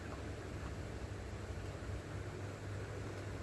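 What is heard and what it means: A dough hook attachment is moved around at the hand mixer socket to line it up with the right slot, over a steady low hum and broadband noise. The hook has not seated or clicked yet.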